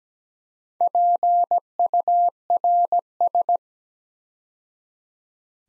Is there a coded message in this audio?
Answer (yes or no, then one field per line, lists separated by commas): yes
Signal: Morse code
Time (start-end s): 0.8-3.6 s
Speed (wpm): 17 wpm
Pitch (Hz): 700 Hz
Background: none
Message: PURS